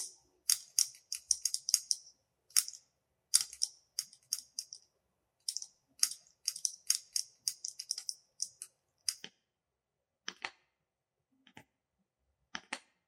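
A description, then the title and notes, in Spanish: Fingertips tap on assorted objects in quick, uneven bursts, each tap a sharp, bright click. The tapping is dense for the first nine seconds, then thins to a few scattered taps near the end. ASMR Tapping en Objetos Variados. El tapping en distintos objetos crea una variedad de sonidos interesantes.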